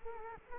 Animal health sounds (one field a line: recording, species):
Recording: mosquito wingbeat signal from an infrared sensor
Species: Culex quinquefasciatus